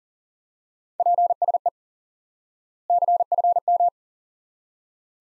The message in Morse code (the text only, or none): PSE CFM